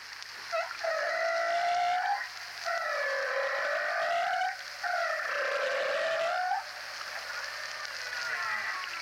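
Whale song: three long, wavering tonal moans, each lasting up to about two seconds, with rich harmonics and background hiss.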